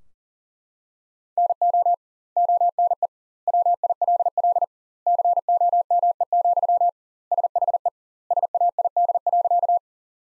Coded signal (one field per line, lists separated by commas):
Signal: Morse code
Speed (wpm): 40 wpm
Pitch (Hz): 700 Hz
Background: none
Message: NO ONE WILL COME, SHE SAID.